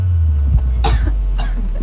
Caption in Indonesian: Udah kedengeran suara batuk tuh. Memang agak kering, bikin tenggorokan kering ya cuaca sekarang ini.